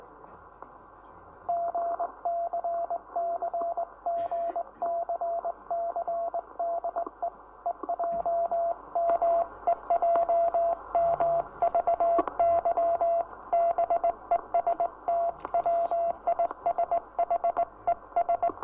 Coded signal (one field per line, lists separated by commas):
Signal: Morse code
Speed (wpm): 20 wpm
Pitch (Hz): 680 Hz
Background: radio noise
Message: GCC GCC DE EJM EJM VY BEST WISHES